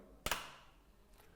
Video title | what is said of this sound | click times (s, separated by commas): How to install a Velux Top-Hung Roof Window - Part 2 | there will be a point of resistance and as we go past this point, you'll hear two clicks | 0.3 s